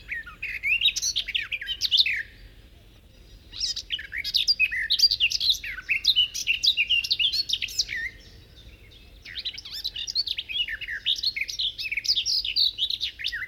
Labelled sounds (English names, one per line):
Garden Warbler song